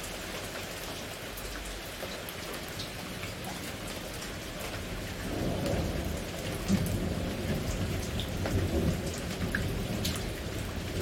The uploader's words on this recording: Heavy thunderstorm. Thunder and lightning. Pouring rain. Cracking thunder.